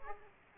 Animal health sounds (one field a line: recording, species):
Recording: mosquito wingbeat signal from an infrared sensor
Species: Aedes aegypti